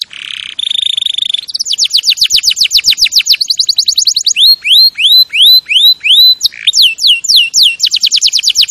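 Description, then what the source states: Canary song beginning with steady high tones, then fast falling sweeps and a run of looping rising whistles, closing in a quick trill. Champion canary song used as a master recording for training other birds.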